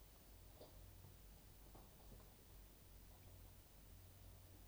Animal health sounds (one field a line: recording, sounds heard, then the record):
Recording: poultry house recording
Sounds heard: no chicken sound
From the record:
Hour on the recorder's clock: 2